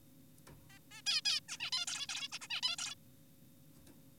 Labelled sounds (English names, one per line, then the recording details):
Zebra Finch
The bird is an adult
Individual g4p5U